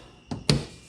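A hose line's plastic quick-connect coupling is pushed onto its fitting on the 2.0T TFSI engine of a 2011 Audi TT Quattro. A softer tap at 0.3 s comes first, then a sharp, positive click at 0.5 s as the coupling locks. The fitting is seated.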